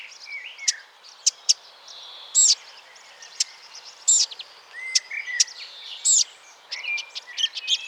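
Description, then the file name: Eurasian blackcap giving hard ticking calls at irregular intervals, with louder buzzy bursts and soft whistled notes mixed in. "Sylvia atricapilla"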